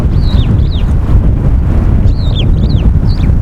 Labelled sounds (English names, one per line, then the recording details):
Superb Starling flight call
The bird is a male
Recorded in Kenya on 27 April 2009 at 15:54
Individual 32, of group DRT2